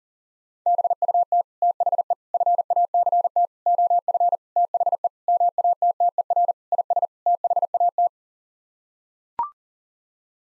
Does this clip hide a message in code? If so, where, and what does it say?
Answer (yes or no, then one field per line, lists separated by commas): yes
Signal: Morse code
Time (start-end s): 0.7-8.1 s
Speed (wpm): 40 wpm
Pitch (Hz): 700 Hz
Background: none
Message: BUT THE FACT OF THE MATTER IS THAT